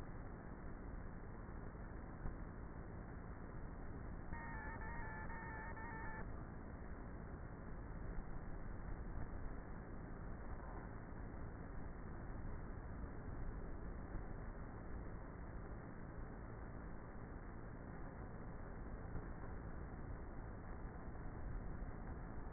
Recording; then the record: honeybee colony, microphone inside the hive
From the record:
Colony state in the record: queenless with a low population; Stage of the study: before two queens were removed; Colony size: about 30,000 bees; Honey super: no